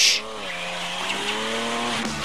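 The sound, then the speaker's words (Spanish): A brief, bright screech of tires opens, then a black Chevrolet car engine hums on with a steady, layered tone that rises slightly in pitch, loud and unbroken throughout. “Es una Chevy.”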